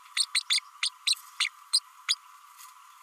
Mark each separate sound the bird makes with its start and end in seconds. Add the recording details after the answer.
0.16-0.23, 0.34-0.40, 0.49-0.60, 0.82-0.89, 1.06-1.15, 1.40-1.46, 1.73-1.79, 2.08-2.15. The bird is a female. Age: 32 days. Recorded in a nest box in Venezuela. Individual 17B32A7